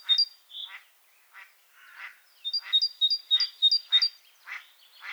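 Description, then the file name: Great tit calls: a quick run of bright, ringing paired notes interleaved with rough, churring rasps repeated throughout. "Parus major"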